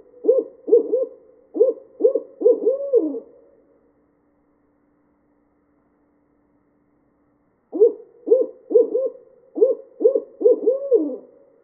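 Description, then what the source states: Barred owl giving two rhythmic bursts of deep hoots, each ending in a long downward-slurred note, separated by several seconds of silence. Recorded 2013-08-17.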